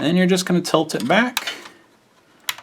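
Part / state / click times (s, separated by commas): internal controller adapter board into game console chassis / seated / 2.5 s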